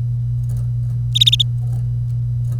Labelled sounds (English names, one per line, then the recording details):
Domestic Canary song
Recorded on 25 April 2018 at 09:11
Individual llb3